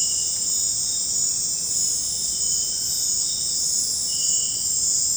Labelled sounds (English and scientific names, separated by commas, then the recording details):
none
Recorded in dense forest near Puerto Asís, Putumayo, Colombia, on 26 December 2024 at 21:00
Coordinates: 0.481, -76.323
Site G100